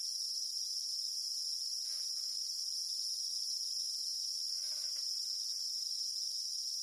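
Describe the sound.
Cicada chorus: a steady, shrill, high-pitched drone without pause, with two brief fainter chirpy calls near two and five seconds.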